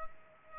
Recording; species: mosquito wingbeat signal from an infrared sensor; Culex pipiens